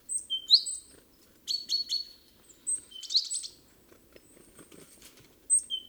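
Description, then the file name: Great tit calls: a few upslurred whistles and clicking bursts, then quieter scratchy sounds before one more whistle at the end. "Parus major"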